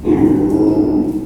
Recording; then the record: squeal of a Yucatan mini pig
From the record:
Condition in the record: before surgery on the right vocal fold (resection and tissue-engineered implant); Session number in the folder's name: 1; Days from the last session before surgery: -3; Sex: male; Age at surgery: 12 weeks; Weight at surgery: 13 kg